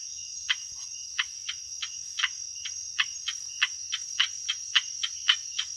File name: Indosylvirana serendipi